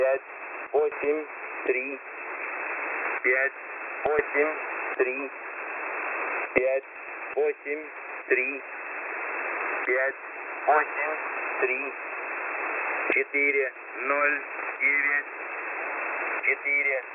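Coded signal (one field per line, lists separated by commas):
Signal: numbers station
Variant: S06b Russian Man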